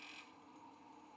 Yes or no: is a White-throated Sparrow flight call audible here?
no